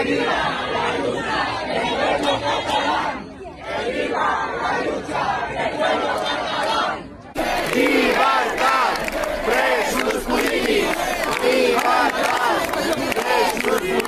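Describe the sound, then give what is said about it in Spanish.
A large crowd shouts and chants at a protest rally in the Puerta del Sol on 16 October 2019, against the Procés sentence, voices massed together in loud, continuous waves, with a brief dip and cut partway through before the chanting surges back even louder. “El 16 de octubre del 2019 se convocó en la Puerta del Sol una concentración en repulsa a la sentencia del Procés.”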